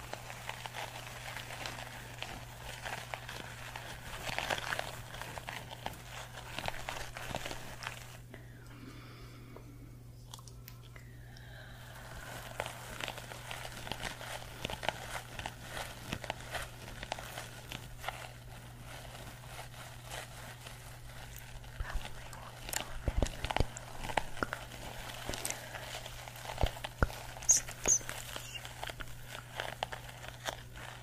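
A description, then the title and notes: A scalp massage: soft, continuous rubbing and scratching of fingers through hair, with a steady low hum running underneath throughout. The rustling is dense and irregular, briefly quieting around ten to twelve seconds, with a few sharper crinkly strokes later on. ASMR Scalp Massage of Dreams.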